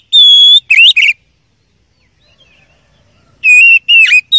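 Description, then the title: Oriental magpie-robin song: a steady whistle and quick warbled notes, then a long silence before more whistled phrases. Champion (juara) song, used to tutor other songbirds (masteran). "Masteran Kacer Juara"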